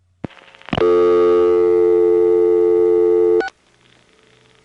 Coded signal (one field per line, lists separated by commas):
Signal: telephone call progress tone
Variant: North America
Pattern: dial tone